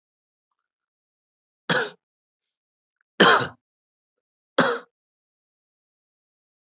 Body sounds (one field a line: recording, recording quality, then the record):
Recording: shallow voluntary cough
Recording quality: excellent, no background noise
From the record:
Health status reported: healthy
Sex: male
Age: 41 years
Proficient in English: yes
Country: India